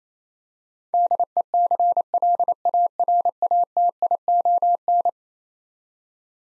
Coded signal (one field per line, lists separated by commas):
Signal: Morse code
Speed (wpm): 28 wpm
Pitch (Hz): 700 Hz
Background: none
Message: DECLARATION